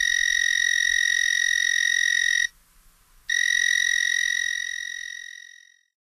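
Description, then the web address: Narrow-winged tree cricket song: two sustained, high, buzzy trills with a short break between them, the second trill fading out gradually. North America. "Songs of Insects. Narrow-winged Tree Cricket"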